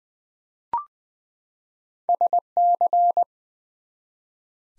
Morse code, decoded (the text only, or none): SC